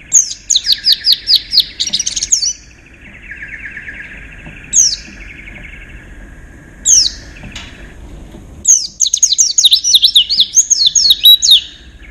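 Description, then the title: White-eye song opens with a rapid series of high descending chirps, then scattered single notes, ending in another lively twittering run. "Pleci. Haji Ifa Kudus"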